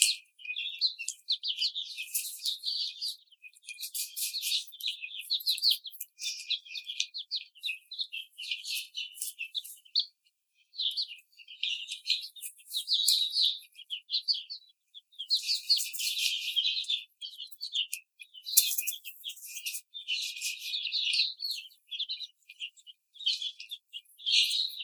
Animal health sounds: young laying hens in a cage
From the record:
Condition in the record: treatment cage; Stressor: simulated dog barking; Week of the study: 5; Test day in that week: 1

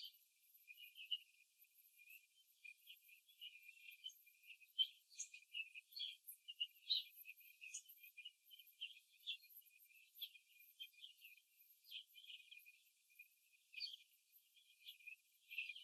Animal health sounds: young laying hens in a cage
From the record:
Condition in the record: before the stressor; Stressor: simulated dog barking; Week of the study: 2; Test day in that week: 3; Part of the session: 2

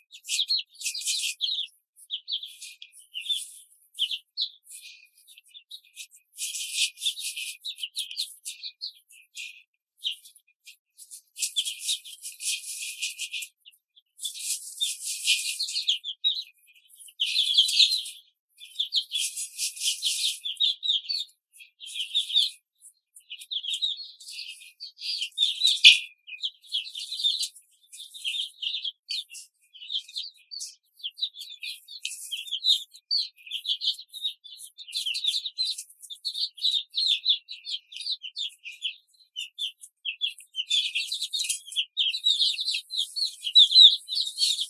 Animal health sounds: young laying hens in a cage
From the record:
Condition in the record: control cage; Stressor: none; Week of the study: 5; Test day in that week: 1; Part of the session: 3

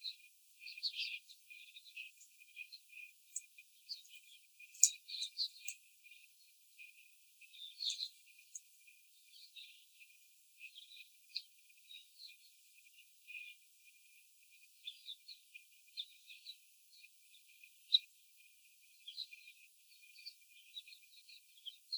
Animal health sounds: young laying hens in a cage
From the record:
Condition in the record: after the stressor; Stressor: simulated dog barking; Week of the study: 4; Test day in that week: 2

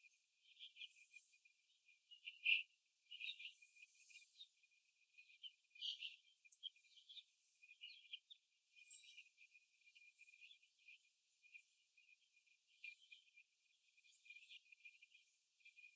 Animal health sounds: young laying hens in a cage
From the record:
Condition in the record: after the stressor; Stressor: simulated dog barking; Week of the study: 2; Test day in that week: 2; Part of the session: 3

